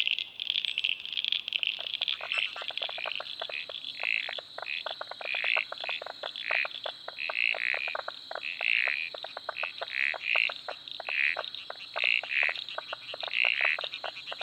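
Frog chorus of dense, rapid clicking pulses with louder rattling bursts roughly every second, all fairly high and continuous.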